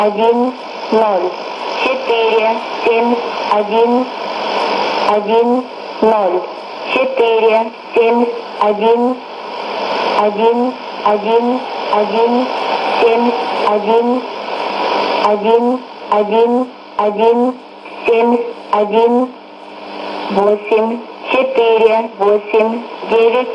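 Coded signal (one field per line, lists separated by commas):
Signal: numbers station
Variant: S06s, Russian language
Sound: a woman's voice reading single digits at an even pace over hiss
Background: radio static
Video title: 04 06 2017 Numbers station S06s Russian Lady in Russian to Eu 0645 on 14875 unknown tx site in CUSB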